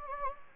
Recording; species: mosquito wingbeat signal from an infrared sensor; Anopheles gambiae